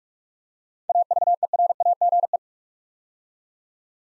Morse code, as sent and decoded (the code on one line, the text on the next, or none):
.- ...- . .-. .- --. .
AVERAGE